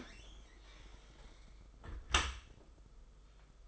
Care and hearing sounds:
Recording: daily activity, microphone in the room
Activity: close dishwasher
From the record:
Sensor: 5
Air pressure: 991.5 hPa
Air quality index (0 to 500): 113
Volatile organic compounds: 31 ppm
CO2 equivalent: 2981 ppm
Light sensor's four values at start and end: 39/124/47/50 and 39/123/46/50

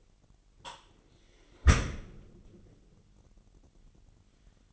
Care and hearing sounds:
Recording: daily activity, microphone in the room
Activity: close dishwasher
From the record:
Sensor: 4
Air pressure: 999.2 hPa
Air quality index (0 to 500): 121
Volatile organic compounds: 2 ppm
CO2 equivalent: 1188 ppm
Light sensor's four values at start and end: 9/22/9/10 and 9/22/9/9

